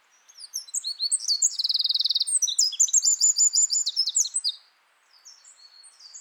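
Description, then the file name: Eurasian wren song, a loud rapid outpouring of high trills and sharp notes lasting about four seconds, with fainter chattering notes after. "Troglodytes troglodytes"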